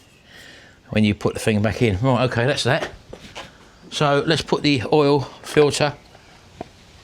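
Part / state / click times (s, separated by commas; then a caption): oil filter element into filter housing cap / seated / 6.6 s. Someone talks while a new paper oil filter element for a Nissan X-Trail diesel SUV is pushed by hand into its plastic filter housing cap. A single sharp click at 6.6 s marks the element seating in the cap.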